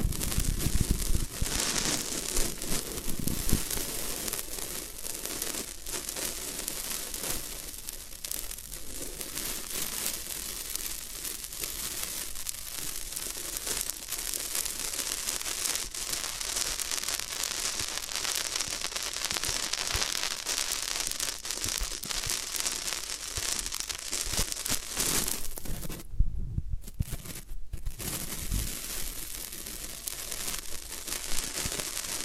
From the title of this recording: Floral Foam Sounds